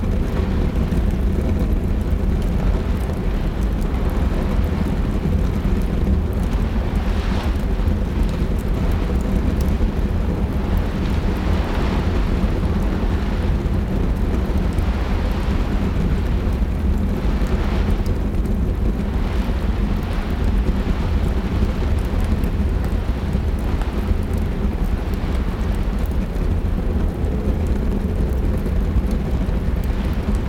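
Rain and storm sound form a dense, steady bed with a heavy low rumble that never lets up. Faint brighter hiss rises briefly every few seconds, around 7, 12 and 18 seconds, over the constant roar.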